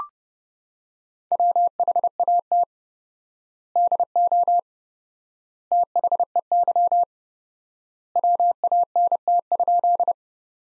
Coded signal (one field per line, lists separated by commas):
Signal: Morse code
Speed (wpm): 29 wpm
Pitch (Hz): 700 Hz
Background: none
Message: WHAT DO THEY WANT?